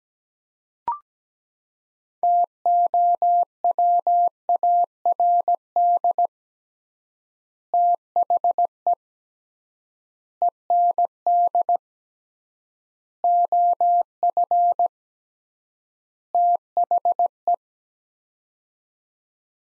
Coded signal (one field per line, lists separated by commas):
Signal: Morse code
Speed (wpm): 17 wpm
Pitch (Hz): 700 Hz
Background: none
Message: TOWARD THE END OF THE